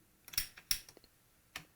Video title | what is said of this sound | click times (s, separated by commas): MAGNUS VT 6000 Tripod / EVERYTHING You Want To Know! (marks posted on “comments”) | There you go, you hear that click, that's engaging. | 0.7 s